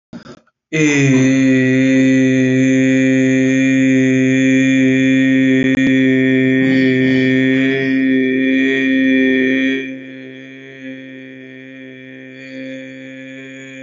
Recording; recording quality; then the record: sustained vowel as in made; excellent, no background noise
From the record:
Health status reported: healthy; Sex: male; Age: 18 years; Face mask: not worn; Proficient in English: yes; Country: India